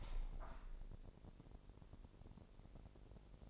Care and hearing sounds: daily activity, microphone in the room; open window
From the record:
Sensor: 5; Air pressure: 1000.5 hPa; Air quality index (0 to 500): 249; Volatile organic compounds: 35 ppm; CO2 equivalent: 3066 ppm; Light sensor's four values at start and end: 34/78/31/29 and 34/78/31/29

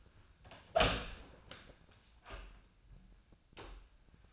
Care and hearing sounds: daily activity, microphone in the room; open door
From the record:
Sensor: 2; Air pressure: 1009.1 hPa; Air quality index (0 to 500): 178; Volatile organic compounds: 2 ppm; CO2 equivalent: 1292 ppm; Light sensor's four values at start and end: 34/88/37/40 and 34/89/38/40

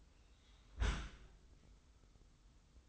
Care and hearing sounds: daily activity, microphone in the room; close dishwasher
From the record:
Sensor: 3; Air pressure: 990.4 hPa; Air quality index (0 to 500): 192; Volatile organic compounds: 1000 ppm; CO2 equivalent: 6258 ppm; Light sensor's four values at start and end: 33/79/32/31 and 33/79/32/30

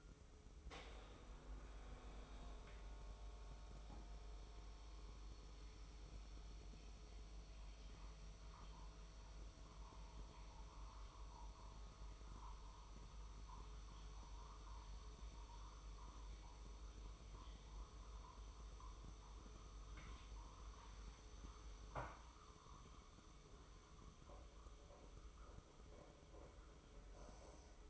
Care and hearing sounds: daily activity, microphone in the room; make coffee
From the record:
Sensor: 1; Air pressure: 995.2 hPa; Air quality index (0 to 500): 30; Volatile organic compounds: 1 ppm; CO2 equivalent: 569 ppm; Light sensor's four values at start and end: 15/50/18/19 and 15/50/18/19

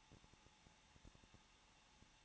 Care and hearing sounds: daily activity, microphone in the room; no activity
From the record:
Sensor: 1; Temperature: 20.1 degrees Celsius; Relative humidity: 39.3%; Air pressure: 1006.4 hPa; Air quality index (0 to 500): 218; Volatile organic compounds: 80 ppm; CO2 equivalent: 3606 ppm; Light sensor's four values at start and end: 1/2/1/1 and 1/2/1/1

